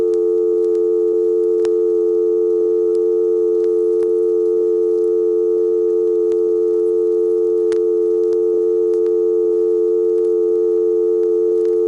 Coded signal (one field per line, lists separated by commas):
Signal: telephone call progress tone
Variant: North America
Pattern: dial tone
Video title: ITT Pentaconta Crossbar Switch in Asheboro NC 1st pgm, March 1977